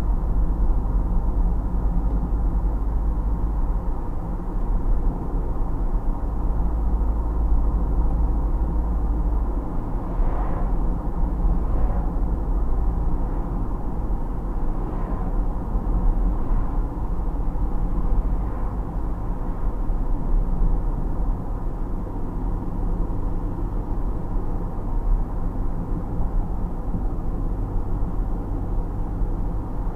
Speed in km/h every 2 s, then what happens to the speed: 53, 55, 55, 57, 57, 57, 55, 55, 53, 53, 51, 51, 51, 51, 51.
0-30 steady at about 53.